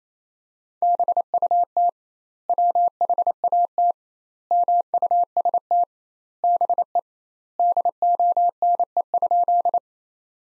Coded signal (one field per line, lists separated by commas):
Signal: Morse code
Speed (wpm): 28 wpm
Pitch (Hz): 700 Hz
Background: none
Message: BUT WHAT MUST BE DONE?